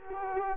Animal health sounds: mosquito wingbeat signal from an infrared sensor; Culex quinquefasciatus

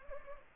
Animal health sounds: mosquito wingbeat signal from an infrared sensor; Anopheles gambiae

